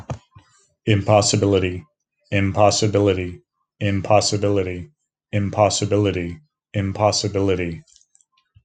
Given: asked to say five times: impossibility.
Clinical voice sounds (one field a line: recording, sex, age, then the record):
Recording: repeated word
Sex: male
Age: 40 to 49 years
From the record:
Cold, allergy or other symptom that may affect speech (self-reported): no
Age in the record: 49 years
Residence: California, United States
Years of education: 26